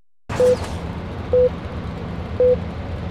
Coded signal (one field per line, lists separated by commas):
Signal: none